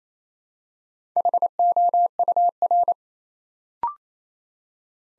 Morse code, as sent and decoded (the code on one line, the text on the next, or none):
.... --- ..- .-.
HOUR